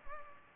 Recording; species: mosquito wingbeat signal from an infrared sensor; Culex pipiens